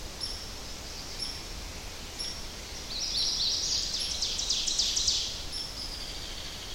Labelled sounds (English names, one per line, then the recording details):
Ovenbird song
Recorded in boreal forest in Alberta, Canada, on 10 June 2016 at 08:56
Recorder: SongMeter 3, array SBT-3-39
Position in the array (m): 271 m, 158 m
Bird 19